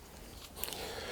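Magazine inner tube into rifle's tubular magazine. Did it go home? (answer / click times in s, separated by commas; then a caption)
yes / 0.6 s. The inner magazine tube of a lever-action .22 rifle, a Henry Golden Boy, is given a twist after loading so it locks into the outer tubular magazine tube. A sharp, short click at 0.6 s is followed by a second smaller tick at 0.7 s over a low, steady background. The inner tube is locked in place.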